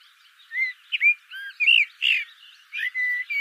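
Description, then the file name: Eurasian blackbird singing a warbled phrase of slurred, flute-like whistles that rise and fall. "Turdus merula"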